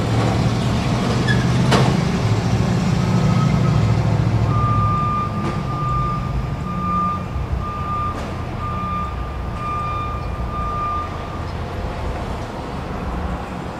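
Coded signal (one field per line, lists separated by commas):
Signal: alarm pattern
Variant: truck reversing alarm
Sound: repeated steady mid-pitch beeps over a rumbling idling truck engine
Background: truck engine, air brake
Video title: Reverse Truck Beeping Ambience Sound Effect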